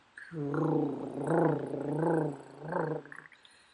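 Three low, rattling, snore-like voiced bursts in under four seconds, with a gargly, vibrating quality: an adult's vocal imitation of stertor, a snoring-type noise coming from the chest and nostrils as air is obstructed going in and out.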